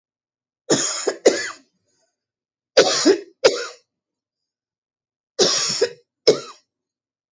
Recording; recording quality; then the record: heavy voluntary cough; excellent, no background noise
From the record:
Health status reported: COVID-19 positive, mild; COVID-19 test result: positive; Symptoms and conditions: sore throat, diabetes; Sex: male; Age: 70 years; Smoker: not ticked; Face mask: not worn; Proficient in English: yes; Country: India